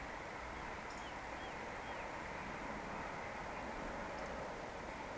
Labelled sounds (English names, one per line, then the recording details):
Eurasian Woodcock
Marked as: woodcock, woodcock
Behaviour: display flight
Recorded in Baden-Württemberg, Germany, on 17 June 2020 at 19:50 UTC
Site 14569, 102 m above sea level